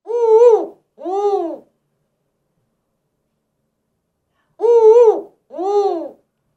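Spotted eagle-owl hooting: a two-note hoot, the second note lower, given twice a few seconds apart, otherwise silent.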